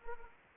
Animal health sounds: mosquito wingbeat signal from an infrared sensor; Anopheles arabiensis

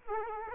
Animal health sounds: mosquito wingbeat signal from an infrared sensor; Aedes aegypti

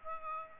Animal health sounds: mosquito wingbeat signal from an infrared sensor; Aedes aegypti

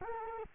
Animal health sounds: mosquito wingbeat signal from an infrared sensor; Culex quinquefasciatus

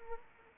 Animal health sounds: mosquito wingbeat signal from an infrared sensor; Anopheles arabiensis

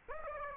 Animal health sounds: mosquito wingbeat signal from an infrared sensor; Aedes aegypti

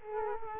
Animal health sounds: mosquito wingbeat signal from an infrared sensor; Culex quinquefasciatus

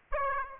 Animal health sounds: mosquito wingbeat signal from an infrared sensor; Aedes aegypti

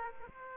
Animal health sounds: mosquito wingbeat signal from an infrared sensor; Aedes aegypti

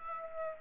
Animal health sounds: mosquito wingbeat signal from an infrared sensor; Aedes aegypti

